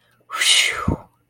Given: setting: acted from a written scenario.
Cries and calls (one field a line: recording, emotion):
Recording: vocal sound without words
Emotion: relief